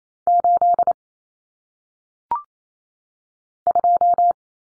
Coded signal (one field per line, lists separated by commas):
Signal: Morse code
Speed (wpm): 28 wpm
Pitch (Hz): 700 Hz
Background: none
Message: 8 2